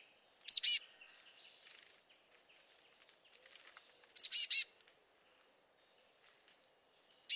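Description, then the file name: Marsh tit giving sharp, high calls in short clusters of two or three notes, a few seconds apart, with faint high chatter behind. "Poecile palustris"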